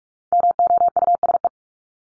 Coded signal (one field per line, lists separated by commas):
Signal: Morse code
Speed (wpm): 44 wpm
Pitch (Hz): 700 Hz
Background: none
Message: MOUSE